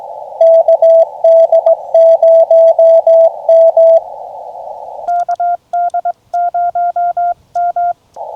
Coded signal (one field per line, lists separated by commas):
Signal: Morse code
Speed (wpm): 21 wpm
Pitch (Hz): 690 Hz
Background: none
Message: KD0M KD0M